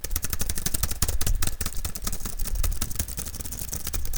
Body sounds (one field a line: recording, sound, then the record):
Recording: sound for misophonia research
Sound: typing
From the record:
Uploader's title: Typing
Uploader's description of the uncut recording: All I did was type "Type" over and over.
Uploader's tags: Typing, Computer, Keyboard